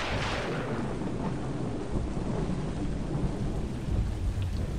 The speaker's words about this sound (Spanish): Alcé la vista y lo que minutos antes había sido un cielo dorado sin rostro, se había transformado en un cielo gris de tormenta. Las gotas de lluvia cayeron con violencia sobre los techos de las casas.